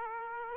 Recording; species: mosquito wingbeat signal from an infrared sensor; Aedes aegypti